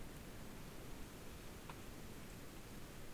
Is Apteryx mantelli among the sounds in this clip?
no